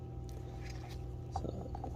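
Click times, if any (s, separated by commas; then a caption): none. A new oil filter element for a 2011+ Dodge Grand Caravan / Chrysler Town & Country 3.6L Pentastar V6 is being pushed back into its plastic filter housing cap. Faint handling noises sit over a steady low hum, with a few small taps and scrapes around 1.4 to 1.8 seconds. Nothing has seated or clicked yet.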